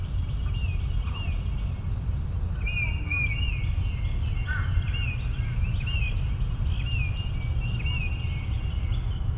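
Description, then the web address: Bird chorus with repeated short whistled notes and chirps recurring throughout, steady low rumble underneath. Morning chorus in a suburban park. "Suburban park morning bird chorus. boom library Urban and Suburban"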